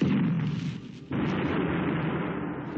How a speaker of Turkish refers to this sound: Herkesi arabanın çevresinden uzaklaştırdım komiserim. Benzin deposu patladı. Baksana araba ta nereye yuvarlanmış.